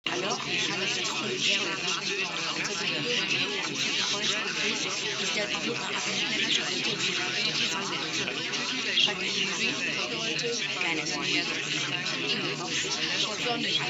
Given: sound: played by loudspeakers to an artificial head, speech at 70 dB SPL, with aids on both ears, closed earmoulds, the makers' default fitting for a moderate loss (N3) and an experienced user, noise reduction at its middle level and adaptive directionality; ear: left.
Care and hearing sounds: speech test signal (ISTS) in cocktail-party noise; -6 dB; in front (0 degrees)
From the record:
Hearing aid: class 1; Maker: A

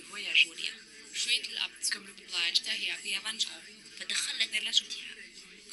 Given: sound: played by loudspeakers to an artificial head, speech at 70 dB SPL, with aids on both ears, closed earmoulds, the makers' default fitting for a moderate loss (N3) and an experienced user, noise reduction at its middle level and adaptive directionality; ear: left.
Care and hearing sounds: speech test signal (ISTS) in cocktail-party noise; 0 dB; in front (0 degrees)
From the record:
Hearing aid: class 2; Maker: J

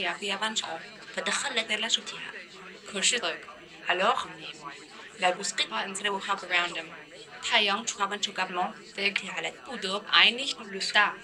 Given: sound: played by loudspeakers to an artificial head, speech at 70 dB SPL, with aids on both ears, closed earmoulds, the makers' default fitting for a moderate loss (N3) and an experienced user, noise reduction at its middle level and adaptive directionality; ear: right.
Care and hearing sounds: speech test signal (ISTS) in cocktail-party noise; +6 dB; in front (0 degrees)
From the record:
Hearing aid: class 2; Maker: E

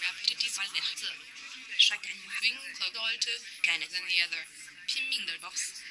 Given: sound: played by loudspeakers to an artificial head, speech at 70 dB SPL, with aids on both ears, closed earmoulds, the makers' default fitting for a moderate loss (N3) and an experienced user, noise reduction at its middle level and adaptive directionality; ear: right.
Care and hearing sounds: speech test signal (ISTS) in cocktail-party noise; +3 dB; in front (0 degrees)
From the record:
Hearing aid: class 2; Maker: H

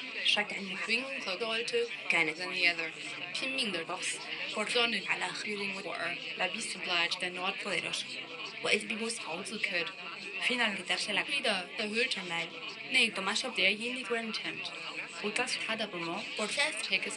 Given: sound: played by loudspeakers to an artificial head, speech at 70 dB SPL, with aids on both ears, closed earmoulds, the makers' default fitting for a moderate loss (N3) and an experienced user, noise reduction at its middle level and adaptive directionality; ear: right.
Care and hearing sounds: speech test signal (ISTS) in cocktail-party noise; +6 dB; in front (0 degrees)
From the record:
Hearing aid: class 2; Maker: I

